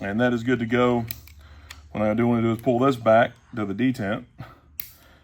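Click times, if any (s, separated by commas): 4.8 s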